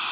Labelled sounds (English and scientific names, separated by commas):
American Redstart (Setophaga ruticilla) flight call